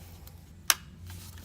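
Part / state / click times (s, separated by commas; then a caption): fuel pump into its mounting clip / seated / 0.7 s. On a 1994 Camaro, the fuel pump is pushed up into its mounting clip on the fuel rail bracket. A single sharp, loud snap at 0.7 s stands out over a low background hum, with only faint small sounds before and after. The pump is seated in its retainer.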